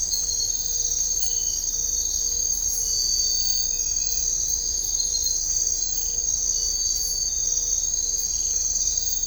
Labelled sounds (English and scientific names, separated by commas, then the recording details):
none
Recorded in dense forest near Puerto Asís, Putumayo, Colombia, on 22 December 2024 at 02:00
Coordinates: 0.500, -76.322
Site G053